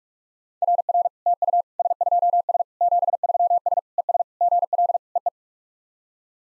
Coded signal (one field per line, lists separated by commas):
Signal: Morse code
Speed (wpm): 46 wpm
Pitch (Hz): 700 Hz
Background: none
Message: RR TU S2S 73S ES GL EE